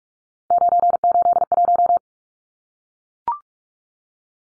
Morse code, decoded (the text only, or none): 981